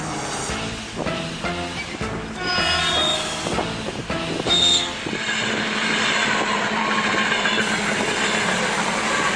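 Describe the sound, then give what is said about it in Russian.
A locomotive rolls in along railway tracks on the outskirts of Krasnodar with a loud, steady rumble, rhythmic clatter early on and a couple of brief high-pitched wheel squeals before settling into a constant mechanical drone. “Как увидел приближающийся локомотив, внушил Анне, что рельсы — это теплая кровать.”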